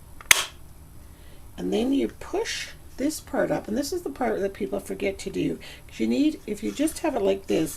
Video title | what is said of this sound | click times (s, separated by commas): Wild Card Wednesday - February 24/10 | you then pop your wheel in and you'll hear a nice click | 0.3 s